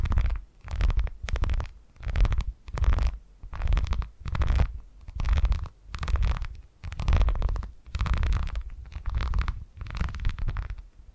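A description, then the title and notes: Steady purring pulses in regular rhythmic bursts about once a second, each a deep rumble topped with a soft airy crackle. ASMR Brain Tingly Purring Triggers for Sleep (No Talking).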